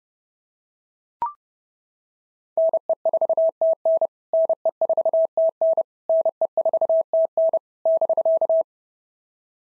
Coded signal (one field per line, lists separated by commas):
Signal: Morse code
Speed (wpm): 30 wpm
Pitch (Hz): 650 Hz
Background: none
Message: NE4TN NE4TN NE4TN <BK>